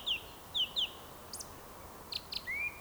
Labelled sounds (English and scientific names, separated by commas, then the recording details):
Eurasian Woodcock (Scolopax rusticola) whistle
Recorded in Baden-Württemberg, Germany, on 27 June 2020 at 19:53 UTC
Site 43791, 788 m above sea level